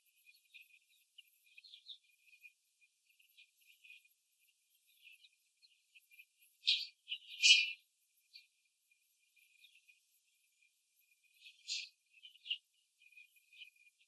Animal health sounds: young laying hens in a cage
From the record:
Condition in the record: after the stressor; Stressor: simulated dog barking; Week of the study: 3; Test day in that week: 2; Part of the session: 4

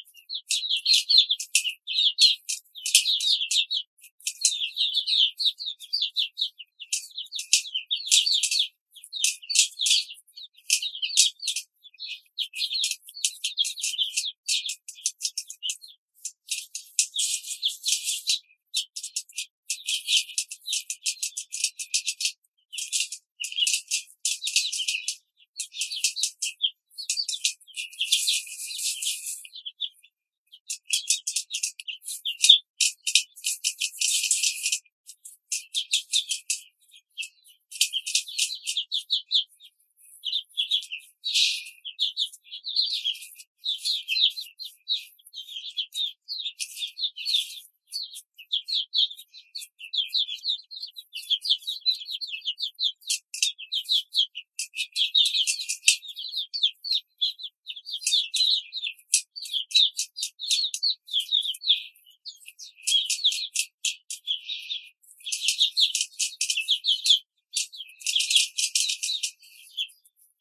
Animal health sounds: young laying hens in a cage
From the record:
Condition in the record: control cage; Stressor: none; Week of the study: 5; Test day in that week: 1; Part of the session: 3

